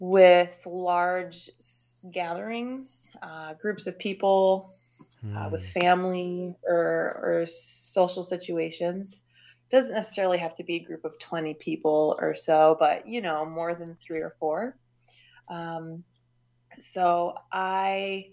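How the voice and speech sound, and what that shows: An adult woman speaks in short bursts with stretched sounds at word starts, drawn-out filler sounds and frequent pauses, ending on broken, prolonged syllables. These prolongations and hesitations fit a mild adult stutter, one whose difficulty comes most in large gatherings and family or social situations.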